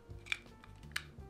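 A 3D-printed plastic speaker holder is pushed onto the internal electronics housing of a prop until it clips in, with music playing in the background. Two sharp clicks are heard at 0.3 s and 1.0 s, and the holder is seated in place.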